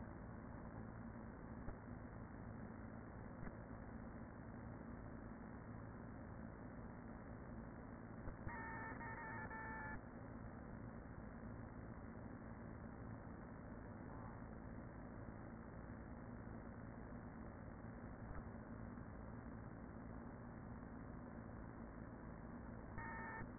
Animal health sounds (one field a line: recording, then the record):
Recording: honeybee colony, microphone inside the hive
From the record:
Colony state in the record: queen present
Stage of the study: after two queens were removed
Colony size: about 40,000 bees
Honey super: no